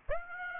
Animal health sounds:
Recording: mosquito wingbeat signal from an infrared sensor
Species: Aedes aegypti

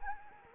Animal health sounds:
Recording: mosquito wingbeat signal from an infrared sensor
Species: Anopheles arabiensis

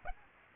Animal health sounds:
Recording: mosquito wingbeat signal from an infrared sensor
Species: Aedes aegypti

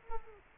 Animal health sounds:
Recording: mosquito wingbeat signal from an infrared sensor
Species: Culex quinquefasciatus

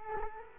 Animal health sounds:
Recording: mosquito wingbeat signal from an infrared sensor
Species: Culex quinquefasciatus

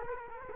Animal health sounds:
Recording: mosquito wingbeat signal from an infrared sensor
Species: Culex quinquefasciatus

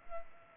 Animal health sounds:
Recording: mosquito wingbeat signal from an infrared sensor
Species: Culex pipiens

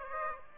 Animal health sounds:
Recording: mosquito wingbeat signal from an infrared sensor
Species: Aedes aegypti

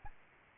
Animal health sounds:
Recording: mosquito wingbeat signal from an infrared sensor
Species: Aedes albopictus

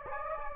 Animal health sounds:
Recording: mosquito wingbeat signal from an infrared sensor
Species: Anopheles gambiae

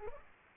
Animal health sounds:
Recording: mosquito wingbeat signal from an infrared sensor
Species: Aedes aegypti

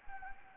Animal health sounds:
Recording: mosquito wingbeat signal from an infrared sensor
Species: Anopheles gambiae

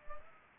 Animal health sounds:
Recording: mosquito wingbeat signal from an infrared sensor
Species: Anopheles arabiensis

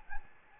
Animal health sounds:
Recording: mosquito wingbeat signal from an infrared sensor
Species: Aedes albopictus

